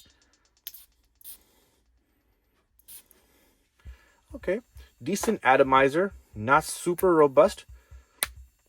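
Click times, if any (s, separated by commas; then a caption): 8.2 s. After a few short hissing bursts early on, the cap of a Versace Dylan Blue Pour Femme perfume bottle from a gift set is pushed back onto the atomizer following a test spray. It seats with one sharp click at 8.2 s, while someone talks.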